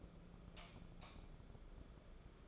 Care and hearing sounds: daily activity, microphone in the room; light off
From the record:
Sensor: 5

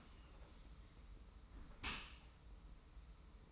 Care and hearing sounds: daily activity, microphone in the room; close dishwasher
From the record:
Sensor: 1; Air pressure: 991.3 hPa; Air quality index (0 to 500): 123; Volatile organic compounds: 255 ppm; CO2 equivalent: 4375 ppm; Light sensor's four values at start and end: 41/128/51/53 and 41/128/51/53

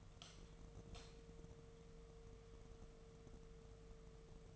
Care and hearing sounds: daily activity, microphone in the room; light on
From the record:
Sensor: 4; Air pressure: 1015.4 hPa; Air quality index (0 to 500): 173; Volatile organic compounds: 7 ppm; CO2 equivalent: 1998 ppm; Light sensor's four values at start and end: 18/43/18/18 and 18/44/18/18

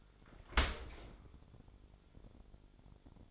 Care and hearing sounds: daily activity, microphone in the room; open dishwasher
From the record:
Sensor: 5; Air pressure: 1006.7 hPa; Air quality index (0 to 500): 188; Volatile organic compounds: 5 ppm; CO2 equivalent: 1792 ppm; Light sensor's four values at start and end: 55/152/60/61 and 55/152/60/60

